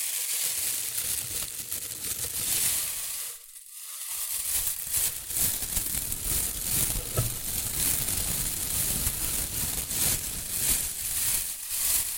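Shredded tissue and packing peanuts rustle and crinkle in a dense, continuous stream of bright, crackly noise. A brief near-silent dip comes around three and a half seconds, then the scratchy handling resumes and carries on unevenly with small sharp crackles to the end.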